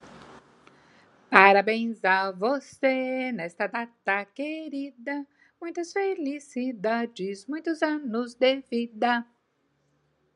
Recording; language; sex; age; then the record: short text; Brazilian Portuguese; female; 60 to 69 years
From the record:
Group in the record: control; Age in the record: 63 years